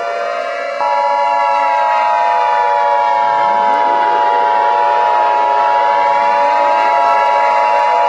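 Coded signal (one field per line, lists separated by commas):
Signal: Emergency Alert System (SAME) tones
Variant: 853 and 960 Hz attention tone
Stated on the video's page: Fictional Emergency Alert System scenario, not a real broadcast.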